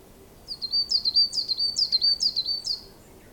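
Bird calling in a quick series of high, thin chirps, each sliding down then flattening, about six notes over two seconds, against a faint steady background hiss.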